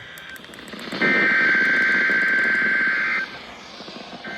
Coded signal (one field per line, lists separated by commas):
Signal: Emergency Alert System (SAME) tones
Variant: header bursts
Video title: 10/23/24 - KHB38 & WXJ94 Required Weekly Tests (EAS #1148 & EAS #1149)